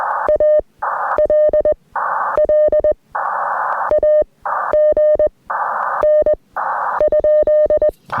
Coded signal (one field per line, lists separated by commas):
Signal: Morse code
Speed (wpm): 20 wpm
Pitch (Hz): 610 Hz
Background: none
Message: A L L A G N ?